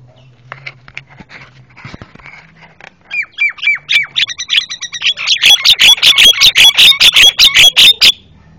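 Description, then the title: Javan myna calls: soft scattered notes building into a long, loud, rhythmic run of rapid harsh repeated calls. Loud, very noisy Javan myna calls, used for training cage birds (masteran). "Jalak Kebo Master Suara Super Berisik Buat Masteran"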